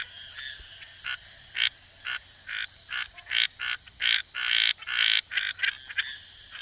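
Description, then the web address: Red-snouted treefrog calling with short, harsh, buzzy notes repeated about twice a second. Recorded in the Ecuadorian Amazon. "Natures Songs S America Frogs of Ecuadorian Amazon Scinax rubra"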